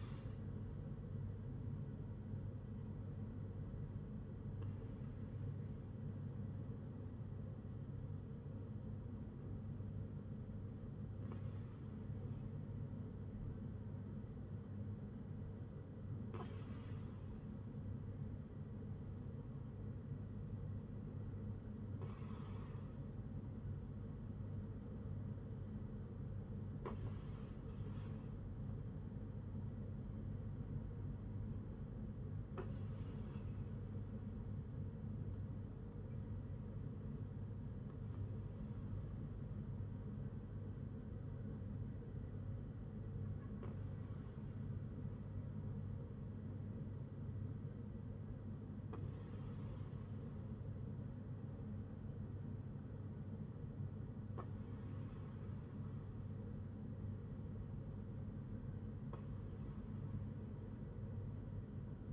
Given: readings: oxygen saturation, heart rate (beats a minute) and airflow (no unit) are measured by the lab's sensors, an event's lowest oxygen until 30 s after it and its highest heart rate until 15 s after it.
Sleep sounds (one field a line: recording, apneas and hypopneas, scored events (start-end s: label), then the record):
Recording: breathing in sleep by a smartphone at the bedside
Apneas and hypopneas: 1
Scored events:
4.00-27.80 s: hypopnea (N1, oxygen 95% highest, then 92% lowest, heart rate 62 at the start, 64 highest)
From the record:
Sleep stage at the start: N1 (lightest sleep)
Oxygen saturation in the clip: 92 to 95%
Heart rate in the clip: 59 to 64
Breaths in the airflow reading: 11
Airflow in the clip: -4.7 to 4.9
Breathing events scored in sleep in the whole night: 182 in 7.4 hours asleep